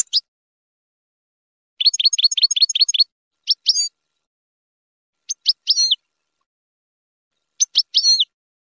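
Finch song: a rapid trill of bright chirps followed by short bursts of sharp, high notes with slurred whistles, repeated about every two seconds in silence.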